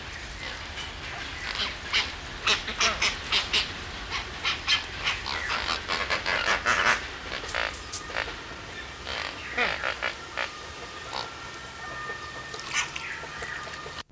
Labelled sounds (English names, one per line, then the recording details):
Lesser Flamingo
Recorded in captivity
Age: adult
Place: Zoo Berlin, Berlin, DE
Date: 1993-08-28
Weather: 12-15°C, heiter
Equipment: Marantz CP 430, Sennheiser MKH 416 T, Kopie Uher Variocord 263
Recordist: Tembrock, Günter